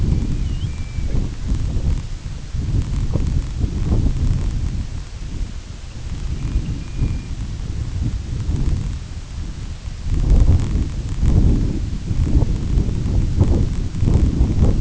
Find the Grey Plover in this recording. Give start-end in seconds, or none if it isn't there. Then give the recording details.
0.05-1.17, 6.23-7.31. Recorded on Arctic tundra, site IGLO-A, on 22 June 2018. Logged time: 17:59